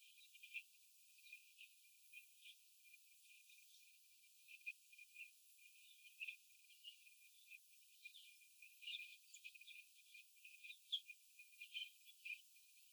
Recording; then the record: young laying hens in a cage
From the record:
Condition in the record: before the stressor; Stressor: sudden umbrella opening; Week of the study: 2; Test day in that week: 1